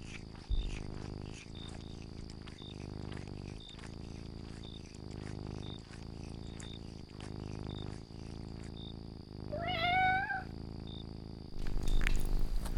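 Domestic cat purring in steady low cycles, then breaking into one wavering meow, with a faint high whine, chirps and a rustle at the end.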